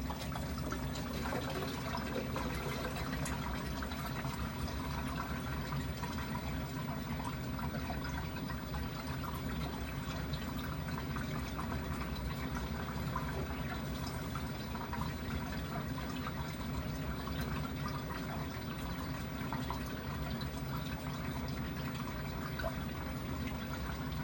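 A washing machine runs through its wash, with water sloshing and churning steadily the whole time. The sound is dense and even, with a strong low rumble underneath and faint clicks and splashes scattered on top, never pausing or changing pace.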